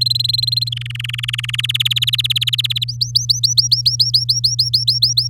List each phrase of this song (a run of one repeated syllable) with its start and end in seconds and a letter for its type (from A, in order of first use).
0.01-0.69 A, 0.72-1.61 B, 1.63-2.84 C, 2.88-5.28 D